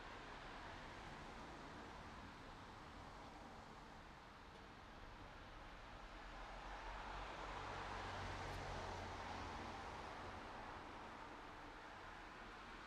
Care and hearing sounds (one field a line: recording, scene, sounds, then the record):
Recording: everyday scene through a hearing-aid microphone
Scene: in traffic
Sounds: traffic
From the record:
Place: city secondary road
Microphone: in the ear canal, right